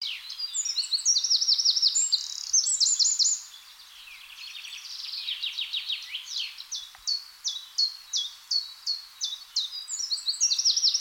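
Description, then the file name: Eurasian wren song, an explosive high-pitched run of trills and chatters, then a quieter patch and steady ticking notes before a final bright trill. "Troglodytes troglodytes"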